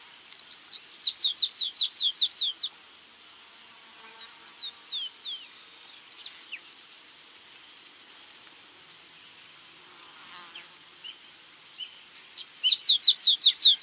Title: LuckyPassaro Completos2Sama. Stripe-tailed Yellow Finch (Sicalis citrina citrina (ssp assumed from location))